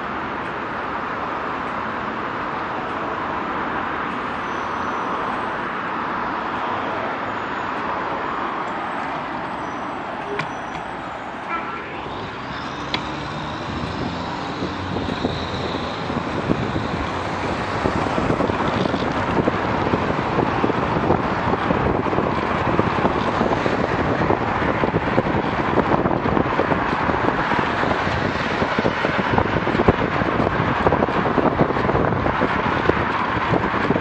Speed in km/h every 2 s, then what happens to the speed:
0, 0, 0, 0, 1, 9, 14, 20, 22, 25, 24, 26, 26, 27, 28, 28, 29.
0-8 standing. 8-17 pulls away to 25. 17-34 steady at about 26.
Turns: none.